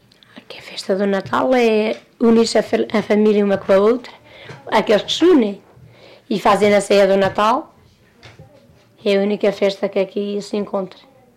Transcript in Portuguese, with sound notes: Aqui a festa do Natal é unir-se a f- a família uma com a outra – aqueles que se unem – e fazem a ceia do Natal. [pausa] É a única festa que aqui se encontra.